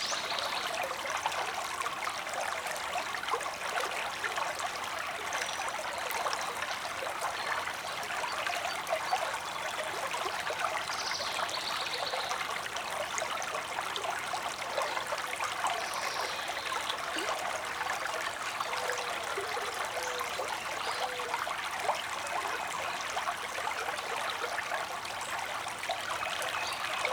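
A creek flows steadily through the woods, a dense, bright trickle and babble with no pauses, and faint bird chirps near eleven seconds.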